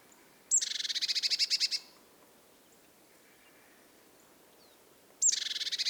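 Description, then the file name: Eurasian blue tit scolding call: a high thin note followed by a rapid buzzy churring run lasting about a second, given twice several seconds apart. "Cyanistes caeruleus"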